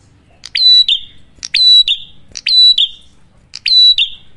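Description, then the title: Prinia song: four loud buzzy phrases, each a sharp note followed by a nasal trill, about a second apart. Prenjak in fluent (gacor), loud drawn-out song, used for luring wild birds (pikat) or training cage birds (masteran). "Masteran Duet Cililin Vs Kapas Tembak. Prenjak Gacor. Ngalun Kencang, Ampuh Banget Buat Pikat Ataupun Masteran"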